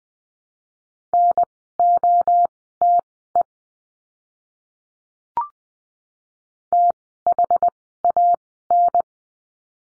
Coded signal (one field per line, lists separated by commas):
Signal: Morse code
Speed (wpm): 20 wpm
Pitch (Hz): 700 Hz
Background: none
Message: NOTE THAN